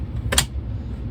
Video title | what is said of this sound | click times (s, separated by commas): Dell 1901FP 19" Computer Screen | and it locks in place of course it could sit anywhere in between | 0.3 s, 0.4 s